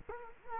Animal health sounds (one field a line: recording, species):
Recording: mosquito wingbeat signal from an infrared sensor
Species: Culex quinquefasciatus